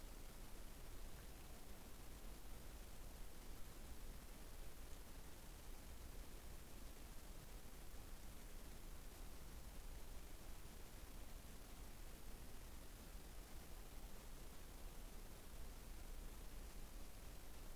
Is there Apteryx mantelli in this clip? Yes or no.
no